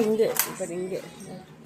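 A metal lid is being handled onto a pressure cooker or steamer vessel while breakfast is cooked, and someone talks briefly. The lid has not locked into place yet; nothing has seated or clicked in this clip.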